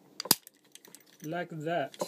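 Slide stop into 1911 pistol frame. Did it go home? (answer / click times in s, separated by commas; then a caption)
yes / 0.3 s. A slide stop is pushed into the frame of a reassembled 1911 Bobtail Commander pistol, with a light tick just before a sharp metallic click at 0.3 s as it locks into place. Someone talks afterward, and the slide stop is seated and locked.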